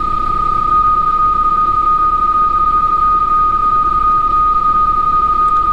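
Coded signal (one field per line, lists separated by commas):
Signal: PSK31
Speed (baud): 31.25 baud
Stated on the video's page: PSK31 on the 12 m band.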